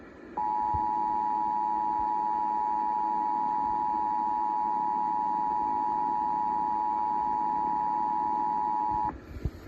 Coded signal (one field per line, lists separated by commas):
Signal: Emergency Alert System (SAME) tones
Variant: 853 and 960 Hz attention tone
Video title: Tornado Drill Madness| EAS Tests From 3/2/2021 (EAS #284-292)